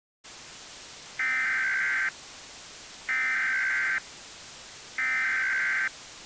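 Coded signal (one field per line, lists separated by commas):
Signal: Emergency Alert System (SAME) tones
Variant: header bursts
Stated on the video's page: Fictional EAS scenario story.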